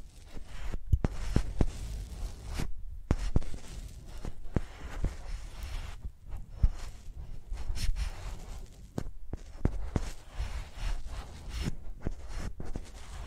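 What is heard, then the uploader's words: Scratchy, rasping strokes as microphones are used like pencils, dragging and scraping in irregular bursts with short silent gaps near 3, 6 and 11 seconds. Sharp ticks and taps punctuate the scribbling, over a low rumbling thump that runs underneath throughout. Using Mics as Pencils (No Talking).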